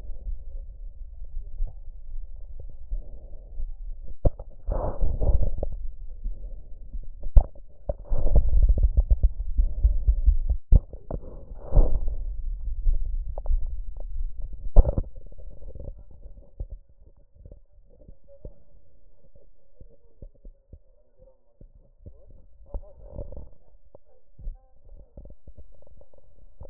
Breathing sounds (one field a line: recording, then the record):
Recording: lung sounds by stethoscope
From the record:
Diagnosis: chronic bronchitis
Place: left posterior upper chest